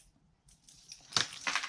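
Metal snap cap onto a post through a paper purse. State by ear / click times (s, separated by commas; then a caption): seated / 1.2 s. A small metal cap is pressed onto the head of the smallest-size purse hardware post, which has been threaded through a paper purse. After some faint handling rustles, a sharp snap at 1.2 s shows the cap popping on and seating, followed by a softer clatter around 1.5 s.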